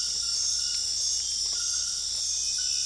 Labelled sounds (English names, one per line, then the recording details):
none
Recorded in secondary vegetation near Puerto Asís, Putumayo, Colombia, on 20 February 2024 at 02:30
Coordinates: 0.481, -76.323
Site G6376